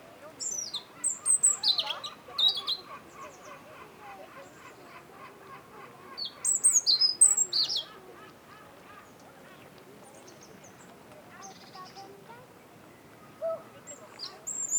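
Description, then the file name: European robin gives bursts of high, tinkling phrases with short trills. A steady, lower repeated honking call sounds in the background. "Erithacus rubecula"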